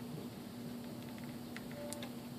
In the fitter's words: and it snapped okay so now if I were to take this battery